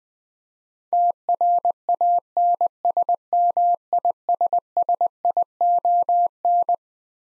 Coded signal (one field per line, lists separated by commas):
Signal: Morse code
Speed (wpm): 20 wpm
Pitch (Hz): 700 Hz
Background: none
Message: TRANSMISSION